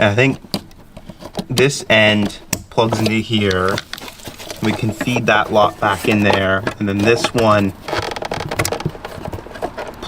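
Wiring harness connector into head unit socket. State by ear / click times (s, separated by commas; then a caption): seated / 8.6 s. A CarPlay interface wiring harness connector is pushed into its plastic socket behind the display of a McLaren 570S/600LT head unit while someone talks. There is a cluster of handling clatter around 8.1–8.3 seconds, then a sharp click at 8.6 seconds as the connector seats.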